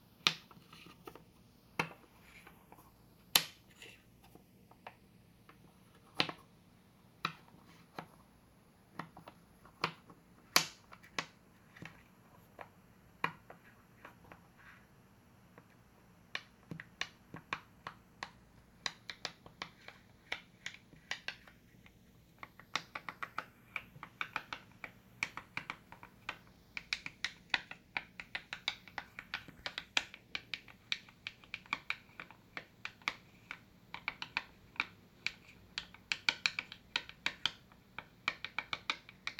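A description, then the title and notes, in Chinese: A loose piece of fallen tile is tapped and scraped, making a run of sharp, bright clicks. The knocks come sparsely and unevenly at first, then grow rapid and crowded after about twenty seconds, continuing to the end. 錄製從前眷村裡頭物件的聲音。第一集的主角是一片磁磚。以一片掉落的磁磚，製造出的一連串聲音。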